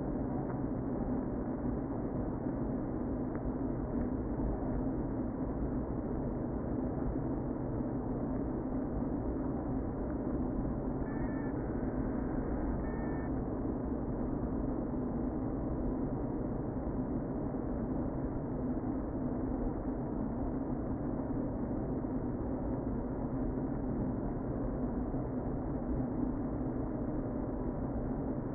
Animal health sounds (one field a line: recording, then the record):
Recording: honeybee colony, microphone inside the hive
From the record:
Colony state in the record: queen present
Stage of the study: before two queens were removed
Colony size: about 60,000 bees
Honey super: yes